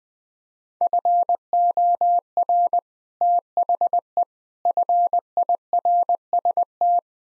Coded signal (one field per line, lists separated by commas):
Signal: Morse code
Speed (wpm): 20 wpm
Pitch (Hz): 700 Hz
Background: none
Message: FOR THE FIRST